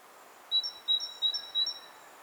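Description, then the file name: Great tit calling: four crisp two-note phrases, a lower note then a higher one, repeated about every third of a second, over a low steady hiss. "Parus major"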